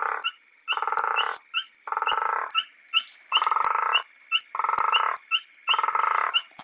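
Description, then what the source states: Natal sand frog giving short high chirps repeated steadily, with a guttural toad's louder pulsed trills in between. Recorded together with a guttural toad.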